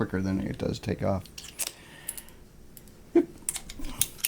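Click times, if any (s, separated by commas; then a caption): 3.5 s, 4.0 s. A quick-release part is put back into a Heipi travel tripod head and pressed down until it snaps into place. Someone talks at the start, followed by quieter handling noise and sharp plastic/metal clicks at 3.5 s and 4.0 s as the part seats.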